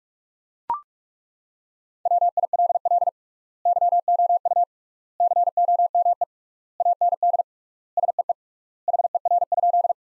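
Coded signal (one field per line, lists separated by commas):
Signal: Morse code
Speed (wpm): 42 wpm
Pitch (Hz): 700 Hz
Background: none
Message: WILL YOU COME AND SEE HER?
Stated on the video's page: Practice sentences built from the top 100 words, sent at 45 wpm with three times standard word spacing, a word-level analogue of Farnsworth spacing.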